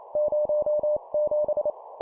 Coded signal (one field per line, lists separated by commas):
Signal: Morse code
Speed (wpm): 28 wpm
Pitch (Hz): 600 Hz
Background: none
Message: 07